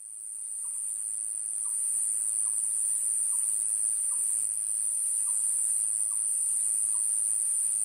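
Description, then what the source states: Grass cicada song: a continuous, very high, thin hiss, with faint short chirps repeated below it. Male raises its abdomen high when calling; lives in grass in lowlands and low-elevation hills; appears April to August.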